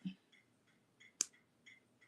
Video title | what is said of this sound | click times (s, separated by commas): Artisan Creative Train | there. Did you guys hear that click? | 1.2 s